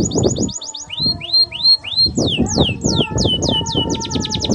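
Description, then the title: Canary song: quick runs of whistled notes, first short rising sweeps, then slower slurred and falling phrases, each repeated several times, over steady low rumbling and clattering noise. Belgian canary (Kenari AF) warm-up song, used as masteran tutor song to get young canaries singing long rolling song quickly. "Canto Para Esquentar Canário Belga. Kenari AF gacor panjang bagus untuk masteran, Kenari muda cepat gacor ngerol panjang"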